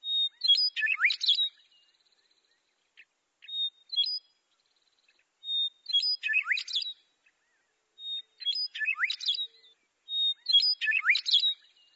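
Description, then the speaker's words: Western Meadowlark song: bright, high, complex warbled phrases repeated every few seconds with silences between. Beautiful musical warble, unlike the eastern meadowlark's few clear notes. "The eastern species sings but a few clear notes, but our western meadowlark sings a beautiful musical warble."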